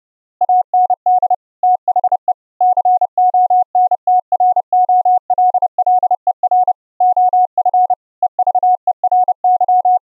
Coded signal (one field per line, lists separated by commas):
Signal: Morse code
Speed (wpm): 30 wpm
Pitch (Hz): 730 Hz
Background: none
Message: AND THE CONTROLLER OF EVERY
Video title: Raspberry PI 4 ENB-CW soundcard SDR Transmitter & ENB-CW Laptop soundcard SDR Receiver - on VLF band